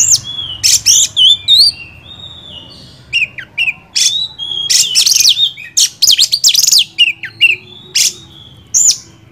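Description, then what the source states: Oriental magpie-robin pouring out varied phrases: scratchy bursts, looping whistles and sharp chips in quick succession. Champion (juara) kacer song, used to train other songbirds (masteran).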